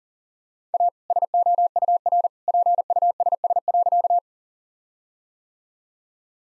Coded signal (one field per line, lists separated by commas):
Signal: Morse code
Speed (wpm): 40 wpm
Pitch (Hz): 700 Hz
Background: none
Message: A SOUR PUSS.